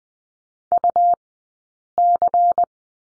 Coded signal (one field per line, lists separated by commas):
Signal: Morse code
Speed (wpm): 20 wpm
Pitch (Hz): 700 Hz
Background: none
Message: UC